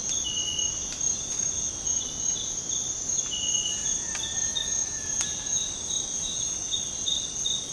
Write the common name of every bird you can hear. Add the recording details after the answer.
none. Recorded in dense forest near Puerto Asís, Putumayo, Colombia, on 21 February 2024 at 06:00. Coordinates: 0.503, -76.322. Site G6418